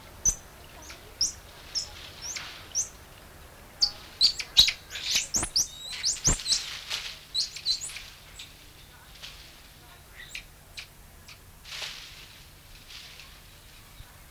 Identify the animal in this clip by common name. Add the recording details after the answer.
Common Squirrel Monkey. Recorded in captivity. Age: adult. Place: Tiergarten Nürnberg, Bayern, DE. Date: 1993-09-14 17:27. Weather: 12 °C, bedeckt. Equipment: Marantz CP 430, Sennheiser MKH 416 T, Kopie Uher Variocord 263. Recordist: Tembrock, Günter. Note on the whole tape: Diverse Lautformen in Gruppe